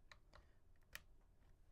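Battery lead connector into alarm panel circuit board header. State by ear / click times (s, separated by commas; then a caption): seated / 0.9 s. A small black plastic backup-battery lead connector is pushed onto its header on the circuit board of an Interlogix Simon XTi / XTi-5 alarm panel. Faint light ticks at about 0.1 and 0.4 seconds lead up to a sharp, bright click at about 1.0 seconds. The connector is seated.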